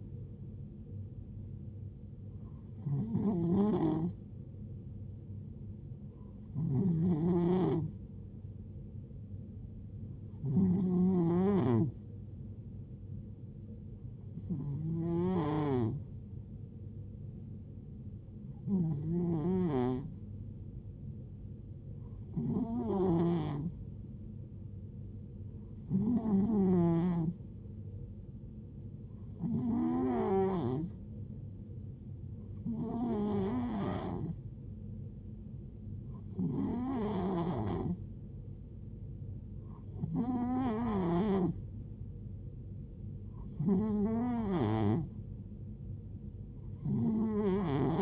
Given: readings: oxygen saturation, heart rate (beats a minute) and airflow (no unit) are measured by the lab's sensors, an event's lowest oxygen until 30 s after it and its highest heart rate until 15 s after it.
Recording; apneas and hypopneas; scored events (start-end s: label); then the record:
breathing in sleep by a smartphone at the bedside; none
none scored
From the record:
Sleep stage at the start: N2 (light sleep); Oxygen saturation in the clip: 91 to 92%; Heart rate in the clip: 64 to 75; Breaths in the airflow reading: 13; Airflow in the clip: -4.8 to 3.7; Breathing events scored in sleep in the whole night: 389 in 6.3 hours asleep